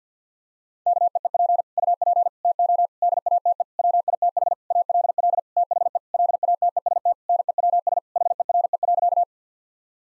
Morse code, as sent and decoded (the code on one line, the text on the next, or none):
-.- . . .--. / ..- .--. / - --- / -.. .- - . / .-- .. - .... / .- .-.. .-.. / - .... . / .-.. .- - . ... - / -. . .-- ... / .... . .-. . .-.-.-
KEEP UP TO DATE WITH ALL THE LATEST NEWS HERE.